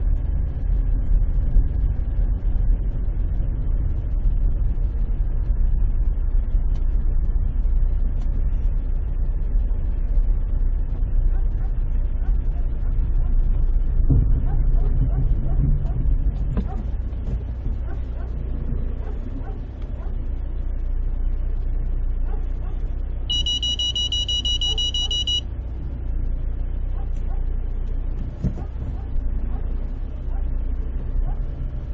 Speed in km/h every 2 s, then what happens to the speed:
9, 8, 8, 8, 8, 8, 7, 2, 0, 0, 0, 2, 0, 0, 3, 3.
0-10 steady at about 8. 10-14 slows to 2. 14-26 standing. 26-32 steady at about 3.